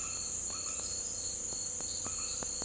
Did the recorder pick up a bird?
no